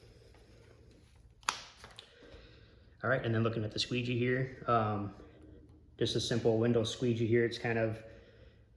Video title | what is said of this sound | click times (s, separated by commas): Must Have Snow Brush and Ice Scraper! JOYTUTUS 3 in 1 Unboxing and Review | another very cool feature and it snaps in place too so it locks there for you which is nice it won't come undone | 1.5 s